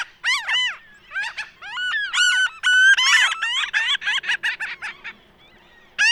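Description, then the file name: Franklin's gull calling in a busy stream of nasal, bent notes, several overlapping, with one drawn-out whine near the middle before the series thins out. "Franklins Gull - Leucophaeus pipixcan"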